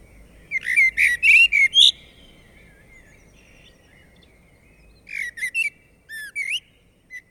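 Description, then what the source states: Common blackbird song: a rapid burst of rich harmonic notes, a pause of about three seconds, then a second phrase ending in squeaky rising upslurs. Warbling, trilling, singing liquid melodies; in the hour before dawn, perched on an oak branch in a European forest.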